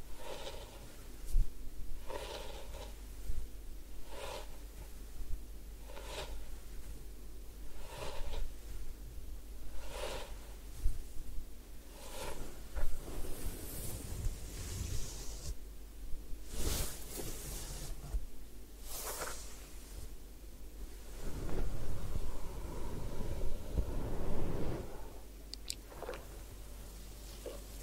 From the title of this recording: Head Spa Hair Wash, Massage, Ear Cleaning